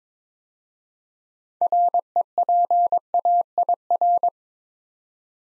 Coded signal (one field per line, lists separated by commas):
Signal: Morse code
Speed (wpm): 22 wpm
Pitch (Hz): 700 Hz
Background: none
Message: REPAIR